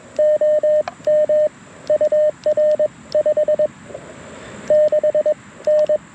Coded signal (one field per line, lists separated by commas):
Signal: Morse code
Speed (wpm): 22 wpm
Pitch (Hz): 1800 Hz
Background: radio noise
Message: OM UR 56N